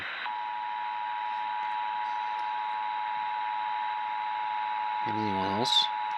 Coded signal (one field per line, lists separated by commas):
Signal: Emergency Alert System (SAME) tones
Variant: 853 and 960 Hz attention tone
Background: speech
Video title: SPRINGTIME TESTING... EAS Tests from 3/5/24 - 3/17/23 (EAS #3,757 - 3,790)